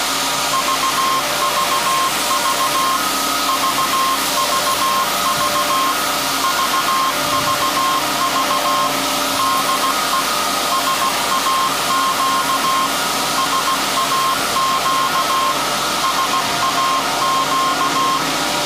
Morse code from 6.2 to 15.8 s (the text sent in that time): VVV DE SAQ SAQ